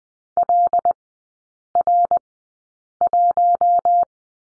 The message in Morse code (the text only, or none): LR1